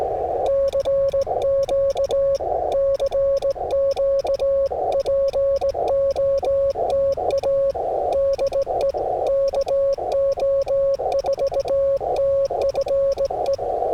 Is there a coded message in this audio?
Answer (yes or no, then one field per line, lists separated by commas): yes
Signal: Morse code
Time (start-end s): 0.5-13.6 s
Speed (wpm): 19 wpm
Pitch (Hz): 560 Hz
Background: none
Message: CQ CQ POTA DE KO4TFE